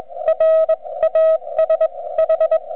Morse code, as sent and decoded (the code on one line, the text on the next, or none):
.-. / .- ... / ....
R AS H